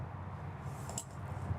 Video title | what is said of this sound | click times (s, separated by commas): 2026 Winnebago EKKO 23B The Best All Wheel Drive Class C | Now, these windows will open in about three stages. If you hear those clicks right there, | 1.0 s